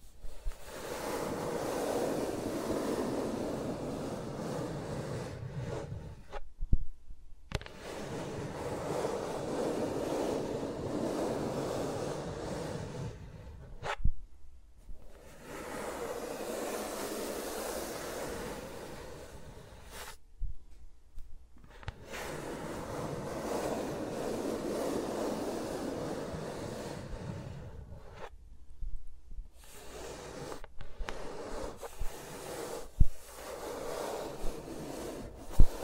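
Fingers rub and brush around the microphones in dense, rushing swishes, broken by abrupt silent pauses roughly every seven seconds, plus clicks.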